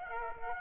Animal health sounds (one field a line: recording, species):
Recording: mosquito wingbeat signal from an infrared sensor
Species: Aedes aegypti